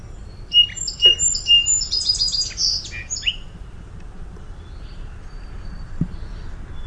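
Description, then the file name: Song sparrow song: three bright introductory whistles, then a quick buzzy trill and a few closing notes, followed by quiet background noise and a soft click. "SOSP song"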